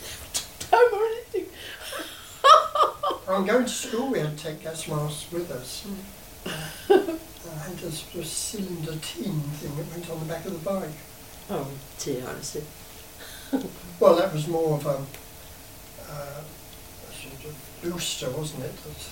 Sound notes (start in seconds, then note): 1.0 laughs; 6.4 laughs